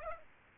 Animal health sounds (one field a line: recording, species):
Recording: mosquito wingbeat signal from an infrared sensor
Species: Aedes aegypti